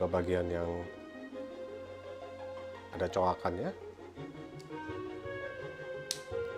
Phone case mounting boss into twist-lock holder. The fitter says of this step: kemudian kita putar Nah sudah terkunci ya teman-teman